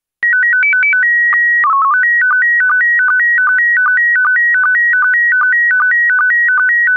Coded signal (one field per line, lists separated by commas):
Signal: SSTV (slow-scan television)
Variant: PD 50